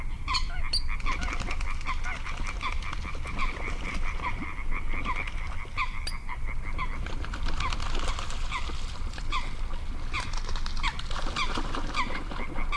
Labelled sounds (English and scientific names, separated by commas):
Little Crake (Porzana parva)